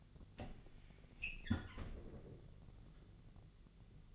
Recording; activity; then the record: daily activity, microphone in the room; close fridge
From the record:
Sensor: 4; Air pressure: 1000.9 hPa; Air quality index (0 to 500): 136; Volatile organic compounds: 2 ppm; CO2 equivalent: 1010 ppm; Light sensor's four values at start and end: 25/60/25/27 and 28/66/28/30